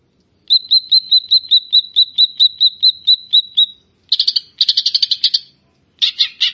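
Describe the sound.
Grey-cheeked bulbul delivering a regular string of short whistled notes, ending in three harsh buzzy chatters.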